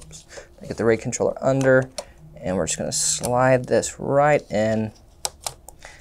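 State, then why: Seated. A front RAID controller card is slid in under the frame in a tight space in a Dell PowerEdge R650 server while someone talks. A loud, sharp click at 5.3 s is followed by a few fainter ticks, and the card is seated in place.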